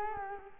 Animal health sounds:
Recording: mosquito wingbeat signal from an infrared sensor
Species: Culex quinquefasciatus

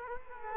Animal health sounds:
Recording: mosquito wingbeat signal from an infrared sensor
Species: Culex quinquefasciatus

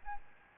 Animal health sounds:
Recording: mosquito wingbeat signal from an infrared sensor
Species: Aedes albopictus

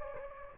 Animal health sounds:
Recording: mosquito wingbeat signal from an infrared sensor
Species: Anopheles gambiae

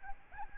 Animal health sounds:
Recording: mosquito wingbeat signal from an infrared sensor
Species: Aedes albopictus

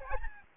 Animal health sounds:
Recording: mosquito wingbeat signal from an infrared sensor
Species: Aedes albopictus

